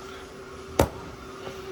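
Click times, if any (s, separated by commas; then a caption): 0.8 s. A new paper oil filter element is pushed into the plastic oil filter housing cap of a G30 BMW 5 Series with a B46/B48 engine. A single sharp click at 0.8 s shows the element seating, over a steady low hum. A faint tick follows near 1.5 s.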